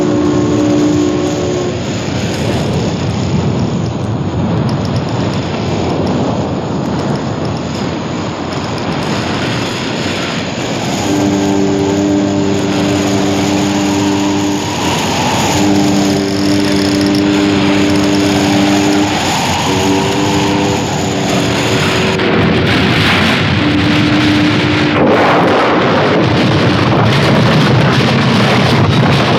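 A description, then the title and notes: A haunted-house soundscape built on a thick, steady low roar, like wind or an engine droning. From about 11 to 22 seconds, eerie sustained tones hover over it, with two swelling whooshes near 15 and 19 seconds, before a brighter hissing rush takes over. Chilling, Thrilling Sounds of the Haunted House.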